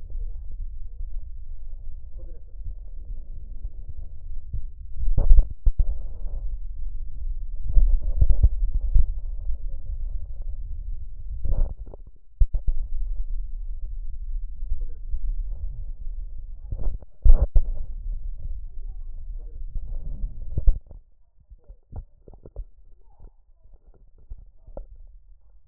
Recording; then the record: lung sounds by stethoscope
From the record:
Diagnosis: chronic bronchitis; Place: left posterior upper chest